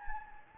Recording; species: mosquito wingbeat signal from an infrared sensor; Anopheles gambiae